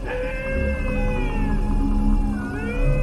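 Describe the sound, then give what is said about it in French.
A dingo on Fraser Island, a large sand island in northeastern Australia, gives a long, wavering howl, its steady tone sliding slowly in pitch before a second note rises near the end, over a low background rumble. “Le voilà ici, à Fraser Island, grande île de sable au nord-est de l'Australie, à la nature très exubérante et tropicale.”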